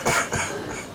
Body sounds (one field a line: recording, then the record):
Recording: coughing mixed with background sound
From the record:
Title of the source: Spring Cold Coughing 2